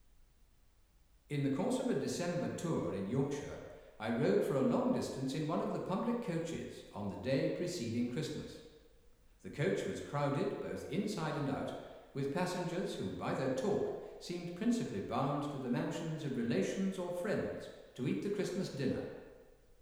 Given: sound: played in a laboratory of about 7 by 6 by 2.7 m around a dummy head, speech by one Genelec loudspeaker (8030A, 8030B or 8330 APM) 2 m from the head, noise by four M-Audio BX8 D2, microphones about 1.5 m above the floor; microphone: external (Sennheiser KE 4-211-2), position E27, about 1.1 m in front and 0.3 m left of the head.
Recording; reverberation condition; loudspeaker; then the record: male speech in English; high; 30 degrees to the right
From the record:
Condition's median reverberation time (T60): about 1300 ms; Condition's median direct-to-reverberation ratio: about -4.0 dB